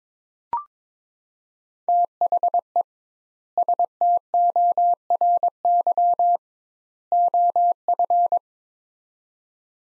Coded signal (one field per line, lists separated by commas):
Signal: Morse code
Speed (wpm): 22 wpm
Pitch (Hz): 700 Hz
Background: none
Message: THE STORY OF